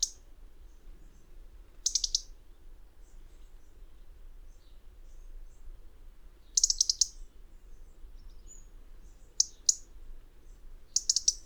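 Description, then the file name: European robin giving sharp, high ticking calls in short rapid bursts, spaced several seconds apart, over a faint low background hum. "Erithacus rubecula"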